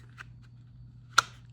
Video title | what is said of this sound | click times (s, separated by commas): RST: Is the Alien Gear Photon the best CC Holster ever? | snaps in. Shake. It goes nowhere. | 1.2 s